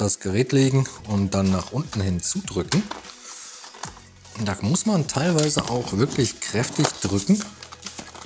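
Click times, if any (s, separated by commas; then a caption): none. The plastic bottom cover of an HP Victus 16-e0000 laptop is laid back onto the chassis and pressed down firmly so its clips will snap in. Someone talks over background music, with a couple of brief sharp sounds. Nothing has seated or clicked yet.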